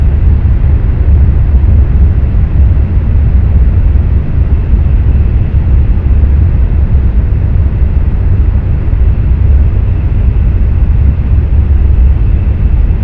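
Aboard the Nishi-Kyushu Shinkansen Kamome, a steady deep rumble and rushing hiss of the moving train continue unchanged throughout.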